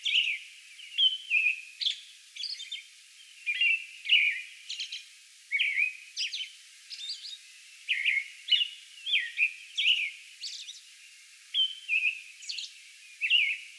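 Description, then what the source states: American robin caroling in a continuous bout, liquid phrases with high thin squeaks between them. Song bout on May 11.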